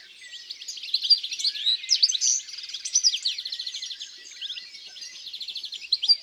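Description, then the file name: European greenfinch song, continuous high twittering with short rapid trills woven through, fairly even in loudness. In the countryside. "Verdier-d Europe-Chants-doiseaux-dans-la-campagne"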